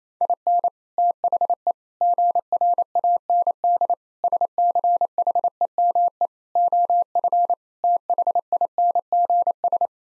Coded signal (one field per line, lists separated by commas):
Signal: Morse code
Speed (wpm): 27 wpm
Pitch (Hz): 700 Hz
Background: none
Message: IN THE GRAND SCHEME OF THINGS